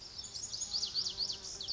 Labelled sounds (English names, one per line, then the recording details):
Lazuli Bunting
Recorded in Sonoma County, California